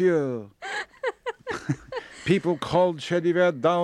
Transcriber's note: laughter